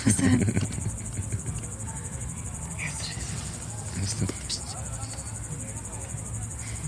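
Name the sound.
crickets chirping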